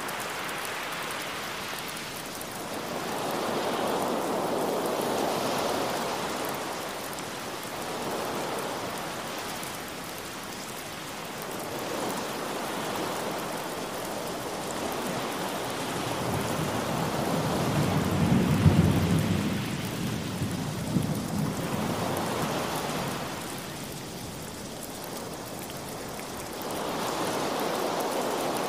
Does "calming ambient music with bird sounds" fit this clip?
no